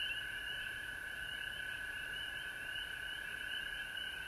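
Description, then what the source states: Frogs in full chorus, an unbroken shrill trilling drone layered with a higher band of overlapping calls. Frogs recorded at home in Georgia on March 19, 2020.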